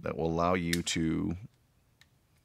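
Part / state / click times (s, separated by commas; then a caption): fold-out arm of a multi-tool locking into the tool body / seated / 2.0 s. Someone talks, then the fold-out arm of a metal multi-tool is swung out until its lock engages in the tool body with a short tick at 2.0 s. The arm is seated and locked in place so it will swivel out.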